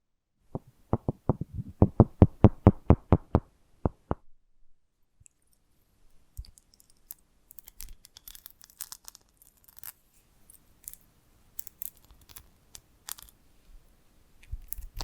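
Invisible tapping and scratching: a quick burst of sharp, regular taps for four seconds, then quieter scattered scratches, clicks and tracing sounds with pauses.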